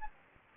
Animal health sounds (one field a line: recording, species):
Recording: mosquito wingbeat signal from an infrared sensor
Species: Anopheles gambiae